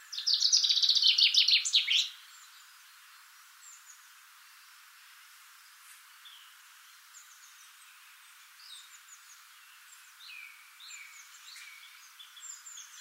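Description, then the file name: Common chaffinch song, a loud cascading trill of bright notes ending in a flourish within two seconds, followed by scattered faint chirps from other birds. "Fringilla coelebs"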